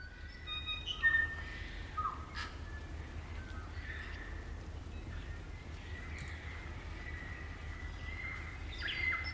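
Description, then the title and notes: Kaka song: clear whistled notes, some sliding and some held steady, scattered throughout, with brief harsher bursts over a steady low rumble. Kakas, a large parrot species, singing an eerie dusk chorus in late spring at the Karori Sanctuary near Wellington, New Zealand. "It's late spring at the Karori Sanctuary near Wellington, New Zealand and the kakas – a large species of parrot – are singing their eerie dusk chorus. Recorded by Margaret Bartlett"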